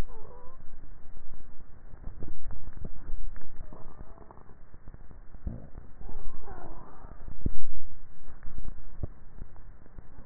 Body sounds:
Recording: swallowing sounds by neck microphone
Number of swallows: 2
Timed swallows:
1.98-2.78 s: swallow
8.22-9.05 s: swallow
From the record:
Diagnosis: dysphagia

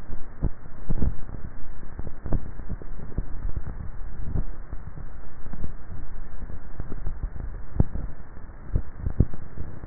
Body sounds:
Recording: swallowing sounds by neck microphone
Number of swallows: 2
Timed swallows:
3.18-4.25 s: swallow
6.85-8.12 s: swallow
From the record:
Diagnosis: dysphagia

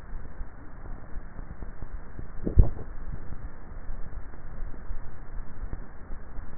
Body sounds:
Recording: swallowing sounds by neck microphone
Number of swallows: 1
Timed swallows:
2.62-3.35 s: swallow
From the record:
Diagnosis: dysphagia

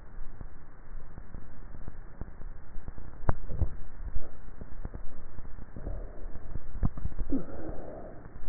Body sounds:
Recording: swallowing sounds by neck microphone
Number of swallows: 2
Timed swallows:
3.12-4.15 s: swallow
6.55-7.32 s: swallow
From the record:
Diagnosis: dysphagia

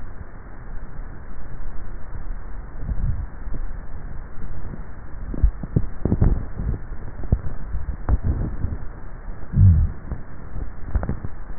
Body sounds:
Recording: swallowing sounds by neck microphone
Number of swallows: 3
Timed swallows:
2.92-3.65 s: swallow
5.28-5.98 s: swallow
7.55-8.22 s: swallow
From the record:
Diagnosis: dysphagia

